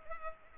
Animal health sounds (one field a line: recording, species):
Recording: mosquito wingbeat signal from an infrared sensor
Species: Culex pipiens